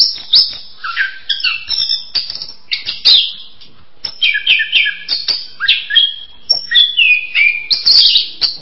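Bird song, busy and varied, with fast chirps, slurred whistles and trills in dense phrases separated by brief gaps.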